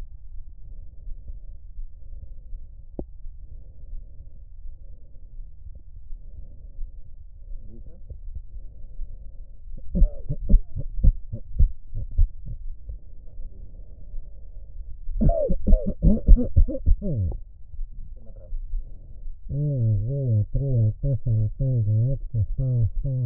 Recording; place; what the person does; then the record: lung sounds by stethoscope; right anterior apical chest; quiet breathing, then cough and speech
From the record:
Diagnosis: none (healthy); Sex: male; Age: 60 years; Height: 190 cm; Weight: 150 kg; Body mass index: 41.6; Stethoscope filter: extended mode